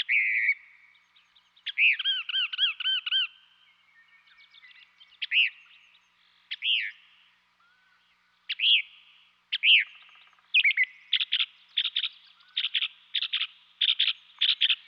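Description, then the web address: Northern mockingbird song of varied whistled and slurred phrases, some repeated, ending in a fast run of sharp repeated notes. Western North America. "Dan Gibson Wildlife Identification By Sound, Western North America. Northern Mockingbird"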